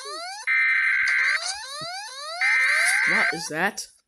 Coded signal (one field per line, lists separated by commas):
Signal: Emergency Alert System (SAME) tones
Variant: header bursts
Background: speech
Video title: Eas Alarms Animated RETURN Part 11